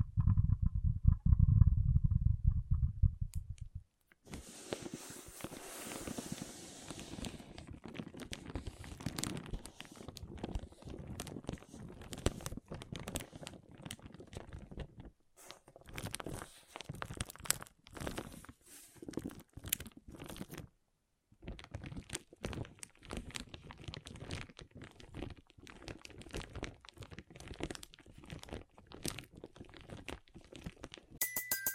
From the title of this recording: Soothing & Deep Water Beads Sounds